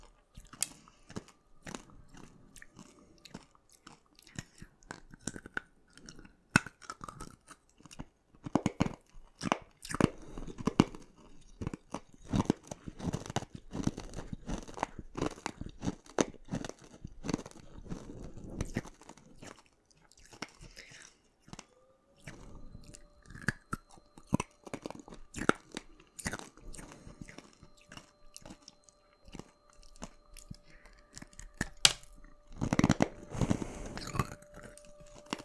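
Crisp eating sounds of crunching, biting and chewing come in dense bursts throughout, with a sharp loud crunch near thirty-three seconds.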